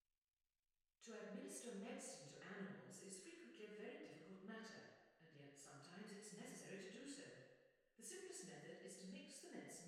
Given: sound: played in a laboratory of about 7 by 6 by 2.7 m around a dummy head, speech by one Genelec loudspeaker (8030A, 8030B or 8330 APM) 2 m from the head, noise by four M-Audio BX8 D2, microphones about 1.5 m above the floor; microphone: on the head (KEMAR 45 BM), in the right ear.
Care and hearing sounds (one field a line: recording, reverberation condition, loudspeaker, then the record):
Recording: female speech in English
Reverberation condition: high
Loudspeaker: 120 degrees to the left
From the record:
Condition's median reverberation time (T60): about 1300 ms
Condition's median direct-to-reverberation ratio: about -4.0 dB